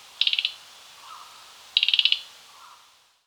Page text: Mugimaki Flycatcher Call. Quick Sounds